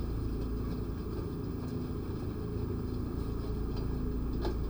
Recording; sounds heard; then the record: poultry house recording; no chicken sound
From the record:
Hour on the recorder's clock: 1